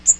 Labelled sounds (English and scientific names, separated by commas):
Magnolia Warbler (Setophaga magnolia) flight call